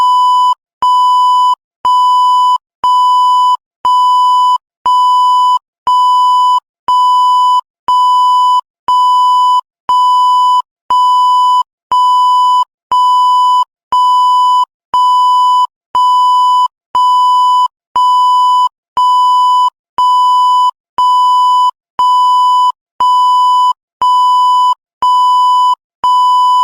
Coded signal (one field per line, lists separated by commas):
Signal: none